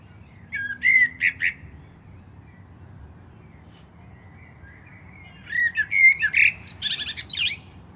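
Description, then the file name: Common blackbird: a short warbled phrase, a long silence, then a fuller phrase of mellow whistles that dissolves into a rapid high twitter. "Turdus merula"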